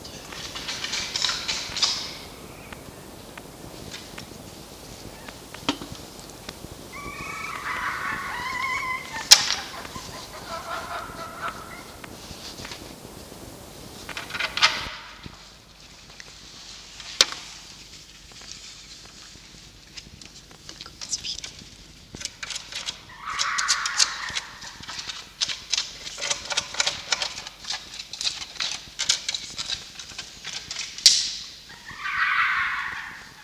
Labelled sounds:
Red Fox (Vulpes vulpes)
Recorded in captivity
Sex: female
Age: juvenile
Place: Zoologisches Institut der HUB, Berlin, DE
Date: 1953-04-29 13:00
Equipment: Elmetra
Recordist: Tembrock, Günter
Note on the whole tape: Fiffi-Welpen: Quick: Quärren und "Begrüßungskreischen", Winseln (leiser als das nächste); Fanni: Stoßquärren und Rhythmus der Bellserie

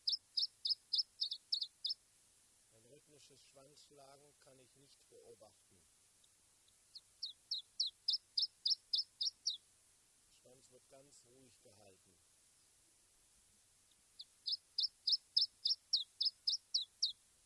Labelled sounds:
Iberian Chiffchaff (Phylloscopus ibericus)
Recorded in the wild
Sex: diverse
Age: adult
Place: Ramales de la Victoria, Nordspanien, Kantabrien, ES
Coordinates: 43.25, -3.46667
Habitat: shrubbery
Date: 1964-05-04 16:50
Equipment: Nagra III PH, LGS26
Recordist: Sapper and Schneider, H.-J

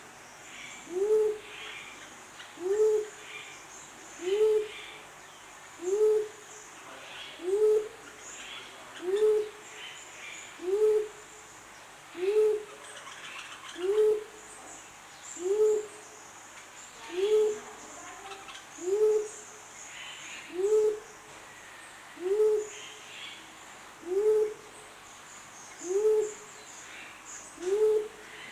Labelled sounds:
Mindanao Bleeding-heart (Gallicolumba crinigera) call
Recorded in captivity
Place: Zoo Berlin, Berlin, DE
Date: 2004-09-17 12:44
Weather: sunny, 19°C
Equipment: Sony WM-D6C, Sennheiser ME 80, Kopie Uher 4000 Report Monitor
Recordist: Tembrock, Günter

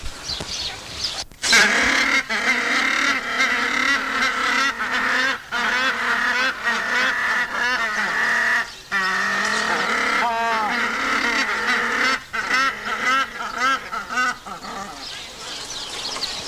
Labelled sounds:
Southern Rockhopper Penguin (Eudyptes chrysocome) call
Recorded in captivity
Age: adult
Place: Zoo Berlin, Berlin, DE
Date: 1986-01-03 11:56
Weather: bedeckt, windstill, 3°C
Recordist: Tembrock, Günter

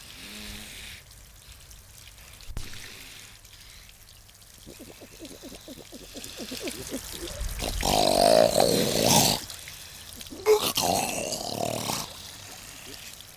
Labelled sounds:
Grey Seal (Halichoerus grypus)
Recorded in captivity
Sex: diverse
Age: adult
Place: Zoo Rostock, Mecklenburg-Vorpommern, DE
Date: 1984-02-04 17:35
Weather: overcast, 3-6°C
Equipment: Nagra SN, Kopie Uher 4000 Report Monitor
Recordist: Tembrock, Günter

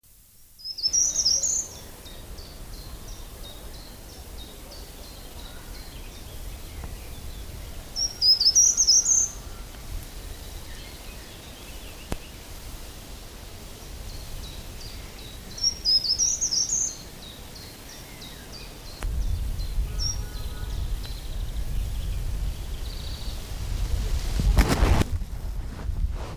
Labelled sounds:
Short-toed Treecreeper (Certhia brachydactyla) song
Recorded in the wild
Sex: male
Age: adult
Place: Lübars (Fließtal), Berlin, DE
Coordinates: 52.6167, 13.35
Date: 1999-05-01 12:00
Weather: fair, 15°C
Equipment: Nagra SN, Kopie Uher 4000 Report Monitor
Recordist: Tembrock, Günter
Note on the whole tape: Drei Strophen

